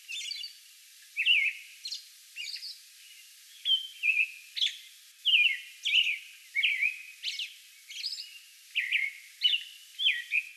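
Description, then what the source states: American robin song: a rapid series of clear caroling phrases and thin high notes, growing busier after a short opening pause. Song bout recorded May 11.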